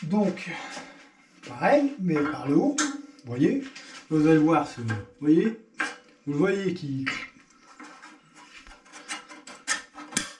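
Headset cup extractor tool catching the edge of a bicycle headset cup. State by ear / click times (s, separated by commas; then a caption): seated / 10.2 s. A headset cup extraction tool is inserted from the top into the other cup of a bicycle headset and pushed until its expanding part clicks over the inner edge of the cup. Someone talks through most of the clip, then faint scraping and small metallic sounds follow, ending in a sharp click at 10.2 s as the tool seats.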